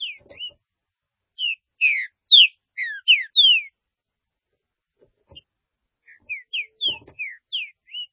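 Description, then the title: Green-winged saltator singing bright whistled phrases of short downslurred notes, with a long gap between phrases. "Trinca Ferro"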